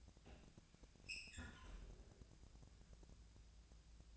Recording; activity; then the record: daily activity, microphone in the room; close fridge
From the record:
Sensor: 2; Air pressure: 999.8 hPa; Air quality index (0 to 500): 124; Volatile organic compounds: 2 ppm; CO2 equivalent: 1065 ppm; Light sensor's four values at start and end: 27/68/29/32 and 27/68/29/32